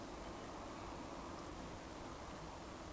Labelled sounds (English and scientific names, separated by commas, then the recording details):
Eurasian Woodcock (Scolopax rusticola) whistle
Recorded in Baden-Württemberg, Germany, on 12 June 2020 at 19:50 UTC
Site 14569, 102 m above sea level